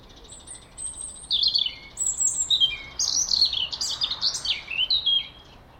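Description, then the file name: European robin song: high, thin whistles followed by a rapid, tumbling sequence of varied twittering notes. "Erithacus rubecula"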